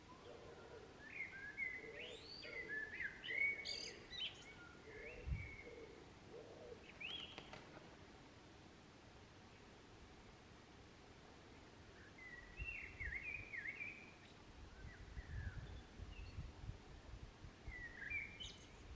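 A blackbird sings in a park, phrases of fluting, warbling notes in the first four seconds, again briefly near seven, then returning from about twelve to eighteen seconds. Between phrases there is a quiet gap. A low outdoor rumble and faint background hiss run throughout.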